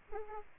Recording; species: mosquito wingbeat signal from an infrared sensor; Aedes aegypti